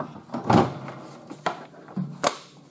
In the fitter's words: and snaps into place